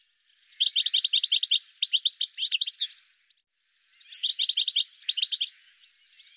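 Bird song: a long run of fast high chirps running into varied twitters, then a second similar phrase after a brief pause.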